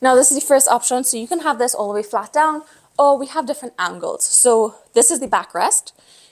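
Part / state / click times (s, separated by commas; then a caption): backrest recline hinge of a convertible sofa bed / not seated / none. Someone talks while handling the backrest of a folding 4-in-1 convertible sofa bed, whose angle-adjust ratchet hinge has about four recline positions, from flat to upright. The clip is mostly speech, and the backrest hinge has not yet clicked or seated into a position.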